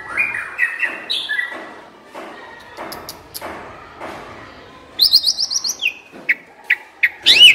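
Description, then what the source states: Asian pied starling song: whistles at the start, then a quieter noisy stretch, then loud high trills and sharp whistled notes toward the end. Masteran (training song) for birds that sing too little and are sluggish.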